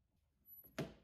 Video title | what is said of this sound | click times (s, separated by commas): Wiper blade replacement 2002 Toyota RAV4 | until it snaps into place | 0.8 s